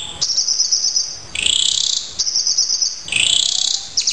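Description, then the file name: Horsfield's bush lark singing long, high, rattling trills that alternate with lower buzzy phrases in a repeated pattern. "branjangan raja kayangan masteran"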